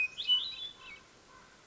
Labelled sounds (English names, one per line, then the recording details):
Hermit Thrush
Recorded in Sonoma County, California